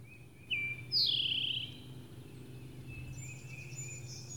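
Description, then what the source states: Towhee singing one phrase: a brief clear note, then a longer buzzy descending trill, with faint bird chirps afterward over a low background hum. Singing in spring, recorded March 31, 2012.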